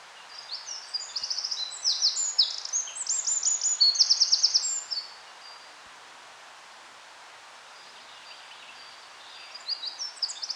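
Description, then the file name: Eurasian wren pouring out rapid, high, tinkling trills and chattering notes for several seconds. After a pause, shorter high bursts follow over a soft background hiss. "Troglodytes troglodytes"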